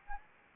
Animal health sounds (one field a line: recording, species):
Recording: mosquito wingbeat signal from an infrared sensor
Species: Anopheles arabiensis